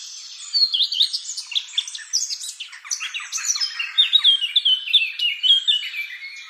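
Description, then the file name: Eurasian blackcap song, a busy stream of high scratchy twitters and clear whistled notes, with clearer whistled phrases toward the end. "Sylvia atricapilla"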